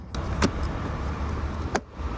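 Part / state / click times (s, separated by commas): air vent into dashboard opening / seated / 1.8 s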